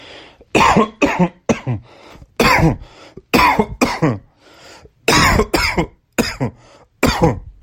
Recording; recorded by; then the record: voluntary cough; messaging app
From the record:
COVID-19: negative